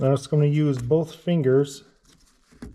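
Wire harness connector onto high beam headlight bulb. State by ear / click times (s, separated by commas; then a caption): not seated / none. Someone talks while holding the plastic wire harness connector up to the passenger-side high beam headlight bulb of a Pathfinder, about to squeeze it on with both fingers rather than pushing it up or down. A brief soft sound comes at 2.6 s. Nothing has seated or clicked yet.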